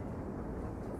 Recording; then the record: background sound without coughing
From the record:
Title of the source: Train Ride Ambience ambient white noise for sleeping, focus, studying, reading